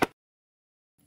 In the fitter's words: under the guard you'll hear it lock into place